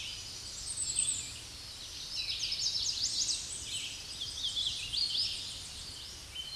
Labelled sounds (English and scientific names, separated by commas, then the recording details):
Hooded Warbler (Setophaga citrina) song
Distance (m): 30 m
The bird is about level with the microphone
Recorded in a Pennsylvania forest on 16 May 2024 at 07:16
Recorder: AudioMoth, point MSD-2110
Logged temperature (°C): 16.4 °C
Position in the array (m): 14 m, 153 m